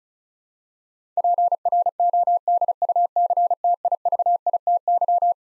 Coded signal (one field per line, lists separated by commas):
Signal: Morse code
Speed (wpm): 36 wpm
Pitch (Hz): 700 Hz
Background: none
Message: PRODUCTIVITY